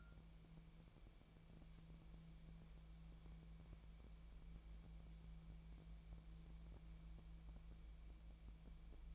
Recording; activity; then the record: daily activity, microphone in the room; wipe stove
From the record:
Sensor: 1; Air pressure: 1000.5 hPa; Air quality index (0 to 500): 180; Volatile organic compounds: 4 ppm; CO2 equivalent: 1663 ppm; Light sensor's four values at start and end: 12/28/11/13 and 11/27/11/13